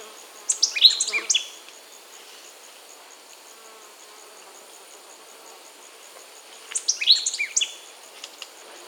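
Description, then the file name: White-lored euphonia song: two bursts of high, tinkling, twittering notes about six seconds apart, with a faint steady insect-like hiss throughout. Recorded in Peru, in the Amazon. "White-lored Euphonia (Euphonia chrysopasta), Peru"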